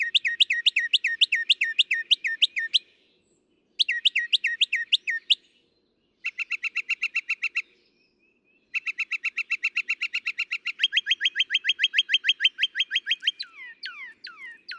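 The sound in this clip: Northern mockingbird song: several bouts of rapidly repeated notes, each bout a different pattern, ending with a few descending notes.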